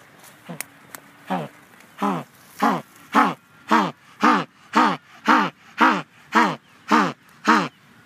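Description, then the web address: African penguin braying call, a long series of about a dozen harsh, harmonic strokes repeated steadily, each a little over half a second apart, growing louder after a few quiet opening notes. Prolonged call. "suono prolungato in cui il pinguino occhialuto emette suoni spheniscus demersus"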